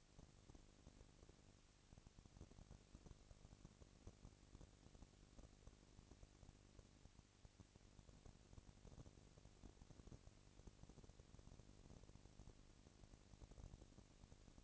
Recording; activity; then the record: daily activity, microphone in the room; no activity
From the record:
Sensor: 4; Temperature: 22.4 degrees Celsius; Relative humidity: 31.9%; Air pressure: 997.9 hPa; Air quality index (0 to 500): 203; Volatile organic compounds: 17 ppm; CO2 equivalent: 2570 ppm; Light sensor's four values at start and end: 2/3/1/1 and 2/3/1/1